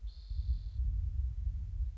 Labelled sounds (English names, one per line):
Spotted Towhee